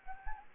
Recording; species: mosquito wingbeat signal from an infrared sensor; Anopheles gambiae